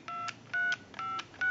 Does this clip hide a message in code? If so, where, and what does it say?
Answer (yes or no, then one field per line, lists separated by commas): yes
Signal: DTMF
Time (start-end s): 0.1-1.2 s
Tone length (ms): 210 ms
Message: 235